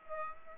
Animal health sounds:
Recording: mosquito wingbeat signal from an infrared sensor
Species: Aedes aegypti

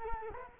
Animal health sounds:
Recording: mosquito wingbeat signal from an infrared sensor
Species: Culex quinquefasciatus

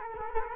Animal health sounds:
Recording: mosquito wingbeat signal from an infrared sensor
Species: Culex quinquefasciatus

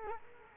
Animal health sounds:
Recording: mosquito wingbeat signal from an infrared sensor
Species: Culex quinquefasciatus

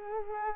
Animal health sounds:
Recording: mosquito wingbeat signal from an infrared sensor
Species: Culex quinquefasciatus

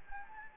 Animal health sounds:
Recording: mosquito wingbeat signal from an infrared sensor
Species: Anopheles gambiae

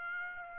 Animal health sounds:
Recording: mosquito wingbeat signal from an infrared sensor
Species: Aedes aegypti

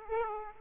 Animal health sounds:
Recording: mosquito wingbeat signal from an infrared sensor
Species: Aedes aegypti

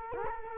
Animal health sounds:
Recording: mosquito wingbeat signal from an infrared sensor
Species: Culex quinquefasciatus

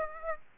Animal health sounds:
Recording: mosquito wingbeat signal from an infrared sensor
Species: Aedes aegypti

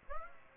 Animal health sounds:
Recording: mosquito wingbeat signal from an infrared sensor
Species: Aedes aegypti

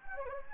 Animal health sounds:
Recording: mosquito wingbeat signal from an infrared sensor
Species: Anopheles gambiae

